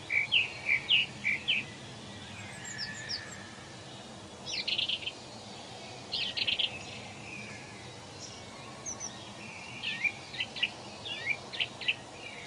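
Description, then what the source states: Birds singing, bursts of rapid sharp chirps and trills coming in groups every few seconds, with steady background noise throughout. Birds singing in a forest, presented as soothing nature sleep sounds.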